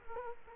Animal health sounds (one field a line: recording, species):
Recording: mosquito wingbeat signal from an infrared sensor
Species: Culex quinquefasciatus